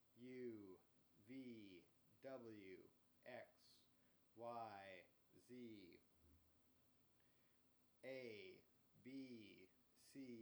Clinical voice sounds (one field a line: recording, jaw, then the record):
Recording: letters of the alphabet, spoken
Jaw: free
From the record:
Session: first day, before the bite bar